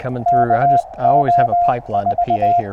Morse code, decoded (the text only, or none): KO4